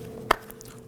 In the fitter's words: Line up your connectors and boom. Pops right into place.